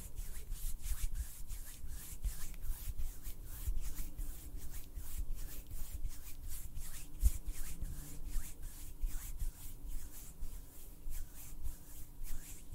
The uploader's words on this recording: ASMR HAND SOUNDS AND SNAPPING - NO TALKING.